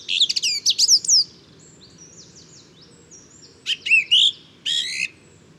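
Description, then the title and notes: Song thrush: a rapid burst of high scratchy notes, faint twittering behind, then two louder rich whistled phrases. Inventive, varied male singing just after daybreak, 12 February 2019, Bois de Château Serein; Nagra Seven recorder with Telinga Pro7. "Première mélodie de printemps. 12 février 2019-Bois de chateau serein. Grive musicienne (Turdus philomelos). Troglodyte mignon (Troglodytes troglodytes)"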